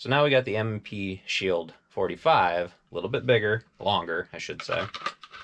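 Someone talks while handling an M&P Shield 45, a slightly longer compact pistol, about to go into a polymer universal outside-the-waistband holster. Nothing has seated or clicked into the holster retention yet.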